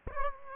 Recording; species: mosquito wingbeat signal from an infrared sensor; Aedes albopictus